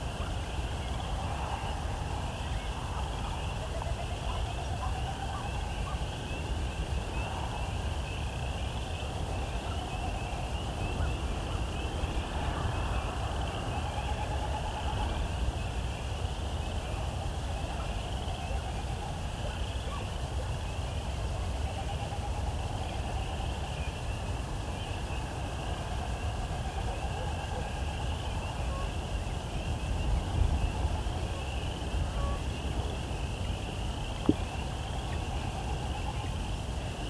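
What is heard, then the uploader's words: An evening chorus at sunset: a steady, dense wash of calls with a constant high insect-like buzz and repeated bird phrases rising and falling through the middle range. A low rumble sits underneath throughout, and a sharp click stands out near the end. Evensong. At sunset in some locations, an auditory compliment to the dawn chorus occurs.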